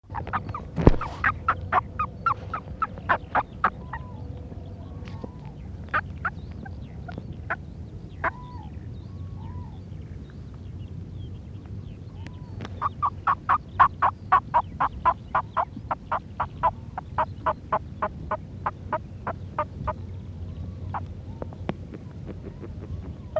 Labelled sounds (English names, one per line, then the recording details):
Moor Frog call
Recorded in captivity
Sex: female
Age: adult
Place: Kremmener Luch, Brandenburg, DE
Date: 1965-04-01 15:00
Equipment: Grundig TK 4, Kopie BG 20/6
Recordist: Schubert, Michael
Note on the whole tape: Kopulierendes Paar im Kunststoffbeutel mit Wasser, Rufe vom Weibchen